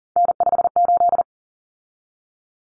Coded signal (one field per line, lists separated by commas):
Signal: Morse code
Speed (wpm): 40 wpm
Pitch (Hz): 700 Hz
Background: none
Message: N58